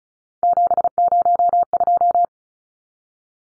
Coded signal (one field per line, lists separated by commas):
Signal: Morse code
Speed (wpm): 34 wpm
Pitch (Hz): 700 Hz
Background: none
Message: 702